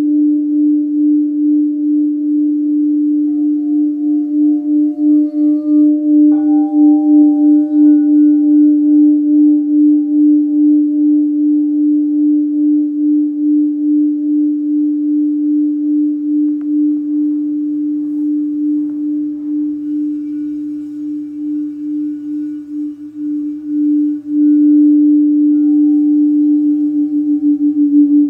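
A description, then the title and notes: A sound bath of singing bowls, one pure low-middle tone ringing steadily through the whole stretch with a slow, regular pulsing swell. Fainter higher tones enter around six seconds and again near twenty-five, and a soft low hum joins from about seventeen seconds on. Live Virtual Sound Bath.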